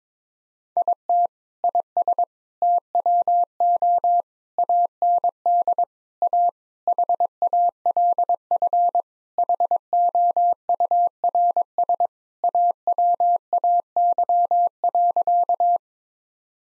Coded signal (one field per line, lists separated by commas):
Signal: Morse code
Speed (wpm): 22 wpm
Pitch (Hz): 700 Hz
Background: none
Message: IT IS TWO AND A HALF HOURS AWAY.